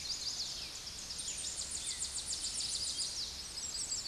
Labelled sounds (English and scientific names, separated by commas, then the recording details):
Tennessee Warbler (Leiothlypis peregrina) song
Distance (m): 35 m
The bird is about 30 m above the microphone
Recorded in a Pennsylvania forest on 16 May 2024 at 09:58
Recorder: AudioMoth, point MSD-2143
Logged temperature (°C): 16.0 °C
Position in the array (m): 64 m, 171 m